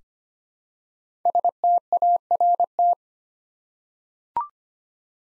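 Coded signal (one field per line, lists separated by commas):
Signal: Morse code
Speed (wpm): 25 wpm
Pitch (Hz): 700 Hz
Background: none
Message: START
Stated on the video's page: Morse drill of 5-letter words at 25 wpm, each word sent twice after its first three letters are spoken.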